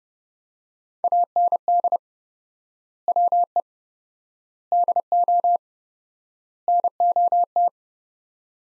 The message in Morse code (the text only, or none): AND WE DO NOT